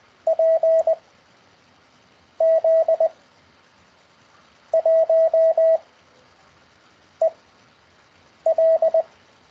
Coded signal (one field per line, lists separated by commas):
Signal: Morse code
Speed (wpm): 20 wpm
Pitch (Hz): 650 Hz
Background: radio noise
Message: P Z 1 E L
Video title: CW Morse Code over Skype Lesson Six (Session One)